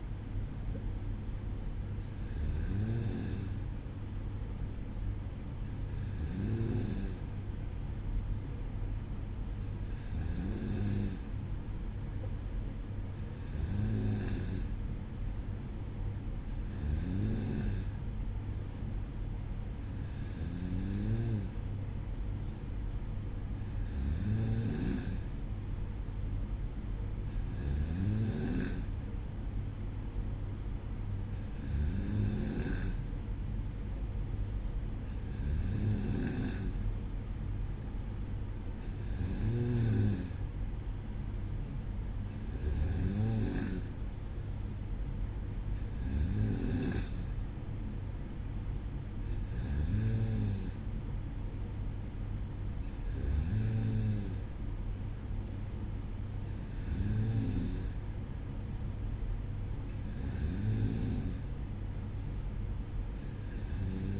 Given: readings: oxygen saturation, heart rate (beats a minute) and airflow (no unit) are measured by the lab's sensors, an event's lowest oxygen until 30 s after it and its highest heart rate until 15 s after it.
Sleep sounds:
breathing in sleep by a smartphone at the bedside; none
none scored
From the record:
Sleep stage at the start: N2 (light sleep); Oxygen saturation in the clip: 94%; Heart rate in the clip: 55 to 58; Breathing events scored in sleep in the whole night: 305 in 9.6 hours asleep

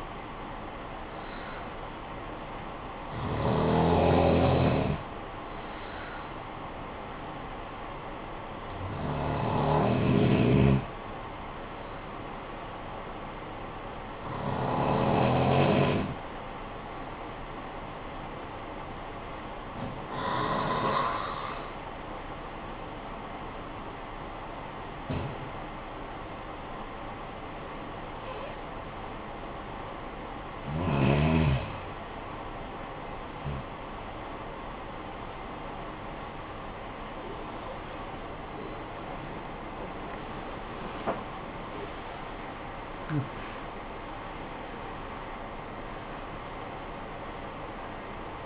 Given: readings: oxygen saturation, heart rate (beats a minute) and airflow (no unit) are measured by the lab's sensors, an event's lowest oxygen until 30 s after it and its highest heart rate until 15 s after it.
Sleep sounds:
breathing in sleep by a voice recorder at the bedside; 1
19.00-35.30 s: hypopnea (N2, oxygen 96% highest, then 87% lowest, heart rate 61 at the start, 91 highest)
44.00-48.46 s: new sleep stage, N1 (lightest sleep)
From the record:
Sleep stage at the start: N2 (light sleep); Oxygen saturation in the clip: 87 to 96%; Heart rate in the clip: 53 to 89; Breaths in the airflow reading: 9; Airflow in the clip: -14.2 to 19.0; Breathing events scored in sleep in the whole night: 445 in 7.6 hours asleep

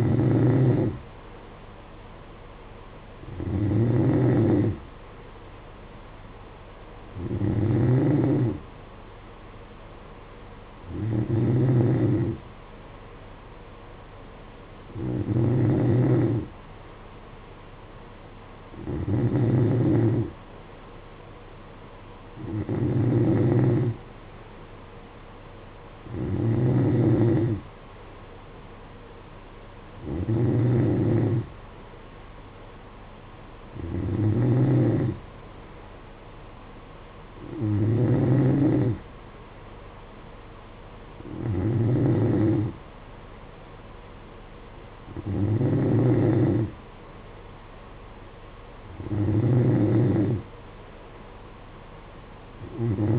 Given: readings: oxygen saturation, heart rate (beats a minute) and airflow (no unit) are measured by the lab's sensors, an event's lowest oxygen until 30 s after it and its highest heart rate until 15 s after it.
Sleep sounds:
breathing in sleep by a voice recorder at the bedside; none
46.00-53.19 s: new sleep stage, N2 (light sleep)
From the record:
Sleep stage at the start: N3 (deep sleep); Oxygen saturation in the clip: 92 to 93%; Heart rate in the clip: 56 to 60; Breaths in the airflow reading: 14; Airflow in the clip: -7.7 to 5.8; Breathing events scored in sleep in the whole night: 476 in 9.7 hours asleep

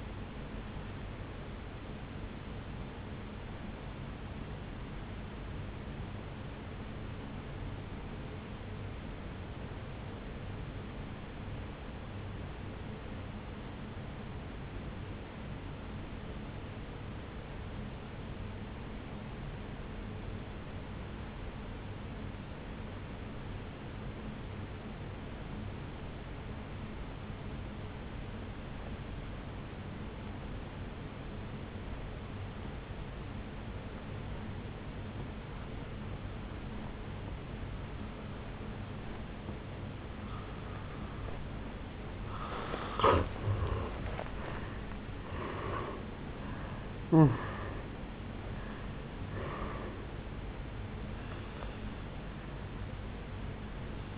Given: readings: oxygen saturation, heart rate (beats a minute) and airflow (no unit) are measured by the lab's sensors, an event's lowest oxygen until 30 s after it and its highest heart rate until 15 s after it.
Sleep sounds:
breathing in sleep by a voice recorder at the bedside; 1
3.00-43.20 s: obstructive apnea (N1, oxygen 97% highest, then 80% lowest, heart rate 54 at the start, 78 highest)
19.00-54.18 s: new sleep stage, N2 (light sleep)
From the record:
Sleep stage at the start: N1 (lightest sleep); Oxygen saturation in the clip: 81 to 97%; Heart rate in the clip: 54 to 78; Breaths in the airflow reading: 5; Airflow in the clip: -12.6 to 7.4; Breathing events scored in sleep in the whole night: 449 in 7.0 hours asleep

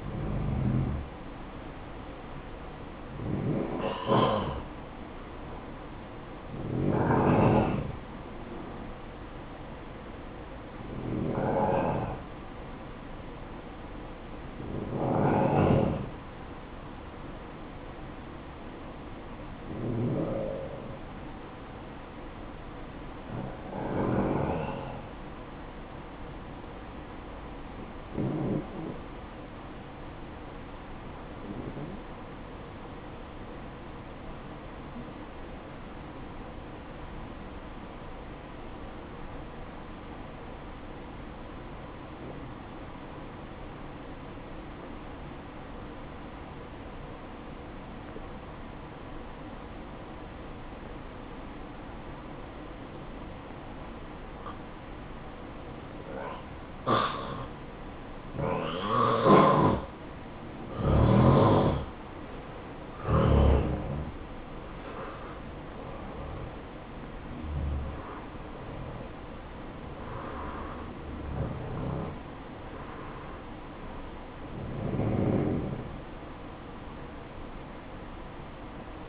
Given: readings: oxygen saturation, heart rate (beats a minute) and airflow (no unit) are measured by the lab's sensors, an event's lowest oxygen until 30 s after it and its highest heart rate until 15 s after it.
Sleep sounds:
breathing in sleep by a voice recorder at the bedside; 1
36.00-62.70 s: obstructive apnea (N1, oxygen 95% highest, then 89% lowest, heart rate 56 at the start, 71 highest)
From the record:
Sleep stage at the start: N1 (lightest sleep); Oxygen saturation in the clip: 89 to 95%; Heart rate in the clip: 54 to 71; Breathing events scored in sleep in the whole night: 573 in 9.8 hours asleep

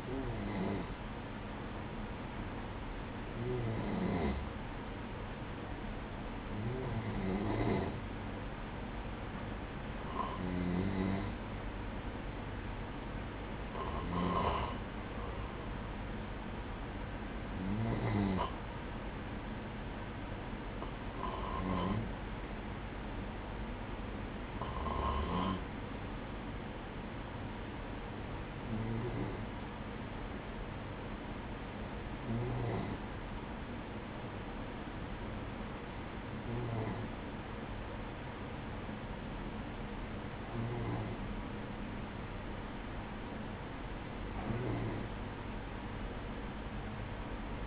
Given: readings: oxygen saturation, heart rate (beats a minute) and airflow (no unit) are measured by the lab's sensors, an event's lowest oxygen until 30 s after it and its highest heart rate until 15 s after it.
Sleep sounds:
breathing in sleep by a voice recorder at the bedside; none
none scored
From the record:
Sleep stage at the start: N2 (light sleep); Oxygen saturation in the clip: 94 to 96%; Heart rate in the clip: 58 to 63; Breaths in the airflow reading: 13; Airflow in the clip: -11.7 to 9.3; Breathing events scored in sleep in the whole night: 180 in 6.7 hours asleep

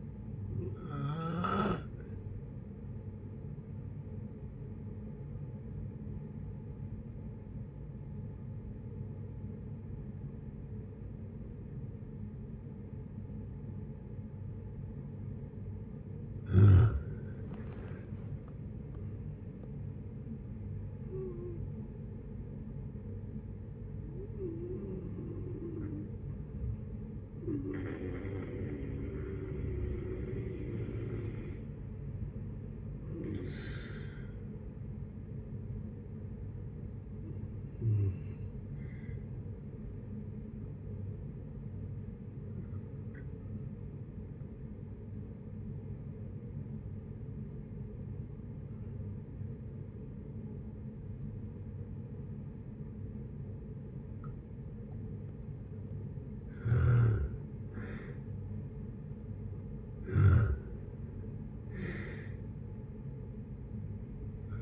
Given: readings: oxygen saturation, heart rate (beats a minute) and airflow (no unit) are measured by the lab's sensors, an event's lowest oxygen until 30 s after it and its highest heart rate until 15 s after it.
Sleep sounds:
breathing in sleep by a smartphone at the bedside; 2
5.00-35.00 s: new sleep stage, N2 (light sleep)
7.00-18.60 s: obstructive apnea (N2, oxygen 95% highest, then 87% lowest, heart rate 66 at the start, 76 highest)
35.00-64.61 s: new sleep stage, N1 (lightest sleep)
39.00-57.90 s: hypopnea (N1, oxygen 96% highest, then 84% lowest, heart rate 63 at the start, 72 highest)
From the record:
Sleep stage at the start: N1 (lightest sleep); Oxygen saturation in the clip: 87 to 96%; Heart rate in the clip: 58 to 76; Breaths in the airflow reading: 11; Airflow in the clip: -11.4 to 13.2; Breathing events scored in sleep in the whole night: 496 in 5.4 hours asleep

